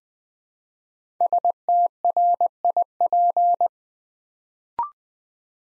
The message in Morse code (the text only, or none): STRIP